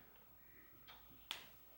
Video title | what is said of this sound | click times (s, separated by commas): UNBOXING Type-C USB 3.0 HDMI Memory Card Reader Adapter:SRSTYLE | it just snaps right in. | 1.3 s